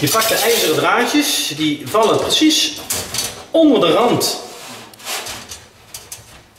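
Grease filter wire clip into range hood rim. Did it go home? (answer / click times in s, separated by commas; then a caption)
yes / 5.9 s, 6.1 s. Someone talks while a cleaned metal grease filter is laid back into a range hood, with metallic rattling and rubbing as its wire clips are tucked under the rim and pressed. The clips click into place at 6.0 and 6.1 seconds, and the filter is seated.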